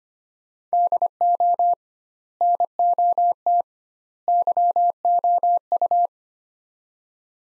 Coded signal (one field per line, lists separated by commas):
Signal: Morse code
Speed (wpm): 25 wpm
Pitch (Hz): 700 Hz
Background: none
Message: DO NOT YOU